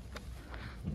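Someone handles the lock on a parked bicycle or scooter, pushing it toward closed, with two brief sharp handling knocks at about 0.2 s and 0.5 s over a low background rumble. Nothing has seated or clicked shut yet by the end of the clip.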